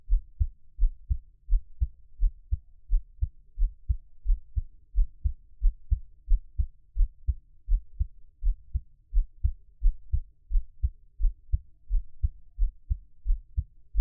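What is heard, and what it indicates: Steady, regular low thumps at roughly 85 to 90 per minute: an ordinary adult heartbeat, heard close up with no talking.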